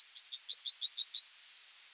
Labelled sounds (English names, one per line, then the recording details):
Yellowhammer song
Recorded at under 5 m from the bird
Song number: 127